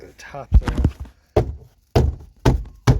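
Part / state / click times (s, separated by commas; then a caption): door trim panel clips into car door frame / seated / 1.4 s, 2.0 s, 2.5 s, 2.9 s. The inner door trim panel of a Ford Focus Mark 3, refitted top edge first after a window motor replacement, is struck so its plastic retaining clips pop into the car door frame all the way around. Someone talks at first, then loud thumps are heard as the clips seat at 1.4, 2.0, 2.5 and 2.9 seconds. The panel is seated.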